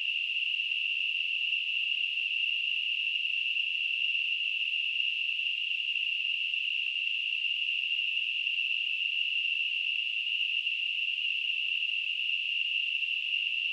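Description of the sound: A steady, high-pitched hissing ring, centred around 3 kHz, holds unchanged for about 14 seconds with no pauses or pitch changes. It is a simulated tinnitus sound, imitating the constant ringing or hissing a person with tinnitus hears.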